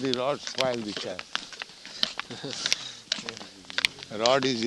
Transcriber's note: chuckles